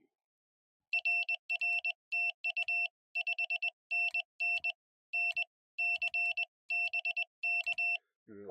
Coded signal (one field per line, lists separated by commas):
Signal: Morse code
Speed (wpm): 21 wpm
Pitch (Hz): 2700 Hz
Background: none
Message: RR TU 5NN N C BK